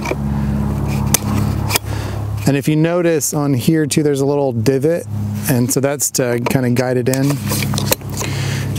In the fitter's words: clicks in place with your little blue thing there and